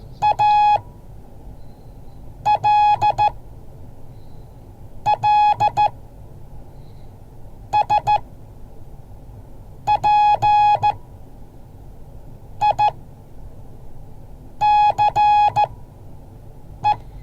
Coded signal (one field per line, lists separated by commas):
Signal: Morse code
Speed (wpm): 14 wpm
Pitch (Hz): 840 Hz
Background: none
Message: ALLSPICE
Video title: Morse code class 2023-01-20